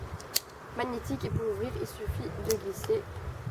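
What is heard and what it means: A magnetic chin-strap buckle on a riding helmet snaps shut with a short, sharp click at 0.4 s, preceded by a faint tick at 0.2 s. Someone then talks over the rest of the clip, and the buckle is seated.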